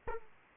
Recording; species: mosquito wingbeat signal from an infrared sensor; Aedes aegypti